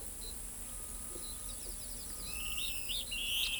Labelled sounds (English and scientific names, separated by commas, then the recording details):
Carib Grackle (Quiscalus lugubris), Great Kiskadee (Pitangus sulphuratus)
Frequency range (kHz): Carib Grackle (Quiscalus lugubris) 3.6-6.8 kHz
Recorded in pastures near Pivijay, Magdalena, Colombia, on 4 June 2023 at 07:30
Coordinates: 10.456, -74.369
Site P6-G026